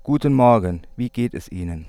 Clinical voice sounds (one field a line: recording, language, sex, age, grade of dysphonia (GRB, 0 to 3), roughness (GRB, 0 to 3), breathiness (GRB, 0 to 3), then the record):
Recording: spoken sentence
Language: German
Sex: male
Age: 30 to 39 years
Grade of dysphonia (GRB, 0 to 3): 0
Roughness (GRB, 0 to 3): 0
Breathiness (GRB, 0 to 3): 0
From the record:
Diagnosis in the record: healthy voice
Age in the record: 34 years